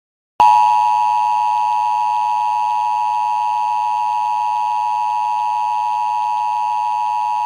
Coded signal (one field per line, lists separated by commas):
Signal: Emergency Alert System (SAME) tones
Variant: 853 and 960 Hz attention tone